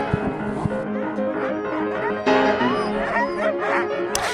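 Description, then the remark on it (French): A pack of sled dogs barks, yips and whines excitedly all at once in the cold on a snowy plateau, a dense, continuous chorus of overlapping high-pitched calls with a few sharp louder yelps. “sa meute de chiens nous a emmenés à bon port.”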